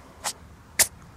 The idea of a bat sneezing. That little puff. The sound of a bat sneezing.